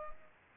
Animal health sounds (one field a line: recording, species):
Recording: mosquito wingbeat signal from an infrared sensor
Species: Aedes aegypti